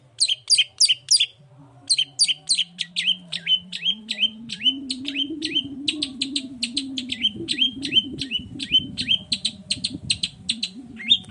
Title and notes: Langsung NYAUTTTTT ! Cendet Gacor Dor Di Kala Pagi Toet Toet Variasi Suara. Pancingan Emosi Cendet Gacor Full Variasi Toet Toet Bikin Nyaut Cendet Lain Langsung Ikutan Bunyi. Burung cendet